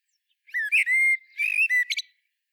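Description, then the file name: Common blackbird song: a short phrase of smooth whistled notes, one held steady, then a rougher warble and a quick high squeaky flourish to finish. "Turdus merula"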